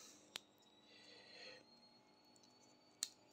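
A plastic wire-retaining cover on a Lexman Opus RJ45 wall-socket keystone module is pressed shut after the colour-coded wires have been laid into it. A sharp tick sounds at 0.4 s, followed by faint rustling and handling, then a crisp, bright snap at 3.0 s as the cover clicks home and is seated.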